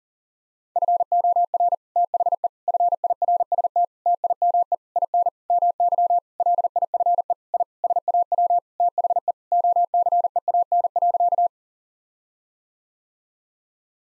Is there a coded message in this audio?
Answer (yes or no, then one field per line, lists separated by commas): yes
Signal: Morse code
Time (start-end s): 0.8-11.5 s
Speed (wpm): 40 wpm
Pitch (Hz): 700 Hz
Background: none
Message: FOR THE FIRST TIME IN MY LIFE I SAW THE OCEAN.